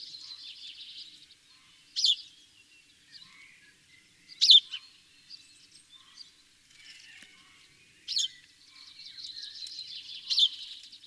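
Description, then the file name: House sparrow chirping, four loud sharp chirps spaced a few seconds apart, with stretches of rapid twittering chatter at the start and end. "Passer domesticus"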